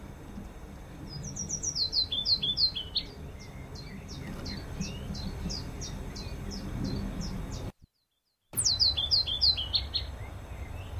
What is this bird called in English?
Willow Warbler